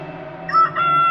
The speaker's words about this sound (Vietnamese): Lan vừa biến mất thì gà cũng vừa cất tiếng gáy.